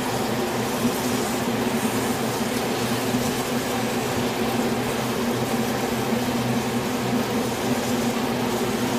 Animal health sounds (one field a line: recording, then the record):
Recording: honeybee colony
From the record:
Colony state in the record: swarm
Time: day